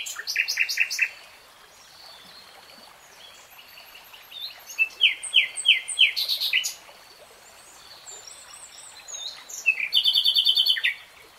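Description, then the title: Nightingale song: several phrases of repeated chirps and slurred notes, ending with a dense rattling trill, with faint high calls between. Three-hour real-time recording of a nightingale singing. "[Tiếng chim hót] Nightingale Singing"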